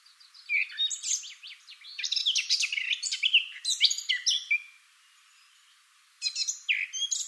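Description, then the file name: Eurasian blackcap singing a rich, hurried warble of sharp and sweeping notes, pausing briefly before starting again. "Sylvia atricapilla"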